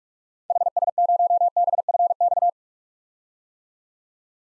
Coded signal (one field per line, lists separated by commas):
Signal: Morse code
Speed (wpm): 46 wpm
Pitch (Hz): 700 Hz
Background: none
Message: HS0BFX